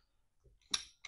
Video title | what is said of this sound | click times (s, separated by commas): SEKARANG AFC TREK 4 BISA DI RECAH BISA MASUK TAS KECIL 😱 POWER BIG GAME FREME IMPORT | trek du ini ada bunyi klik klik. | 0.7 s, 1.1 s